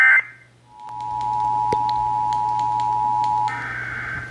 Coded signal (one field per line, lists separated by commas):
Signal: Emergency Alert System (SAME) tones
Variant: 853 and 960 Hz attention tone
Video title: (EAS #698-709) June 2024 Texas Required Monthly Test